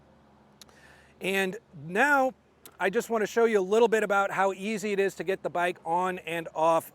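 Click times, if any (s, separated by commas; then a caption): 0.6 s. A Kuat Piston Pro hitch bike rack on a 2024 Jeep Grand Cherokee 4xe is lifted from its tilted-down position until its tilt latch clicks into the rack mast at 0.6 s. The lever springs forward and locks the rack back into riding position. Afterward, a man talks.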